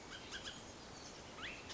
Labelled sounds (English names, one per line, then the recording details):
Bullock's Oriole
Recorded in Sonoma County, California